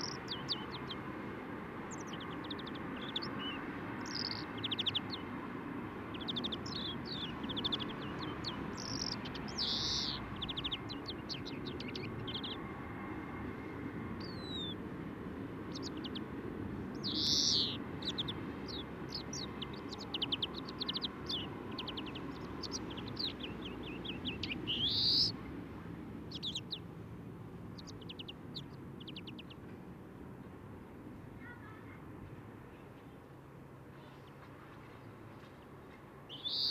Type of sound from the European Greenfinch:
song